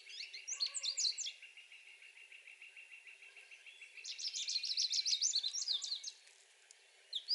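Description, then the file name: American goldfinch song, a lively jumble of high chirps and twitters in two main runs, over a continuous fine buzzing trill and faint lower notes. Recorded 7 May 2020. "2020-05-07 Am Goldfinch Songs"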